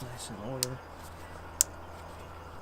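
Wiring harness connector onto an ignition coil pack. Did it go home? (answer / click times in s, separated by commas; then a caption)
yes / 1.6 s. On a Mk6 GLI, a wiring harness connector is plugged back onto an ignition coil pack while someone talks briefly at the start. A sharp click at 1.6 s marks the connector seating onto the coil pack.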